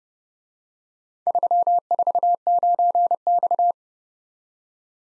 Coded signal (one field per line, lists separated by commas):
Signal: Morse code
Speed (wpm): 29 wpm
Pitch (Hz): 700 Hz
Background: none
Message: 349X